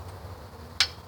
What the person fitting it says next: I heard it pop.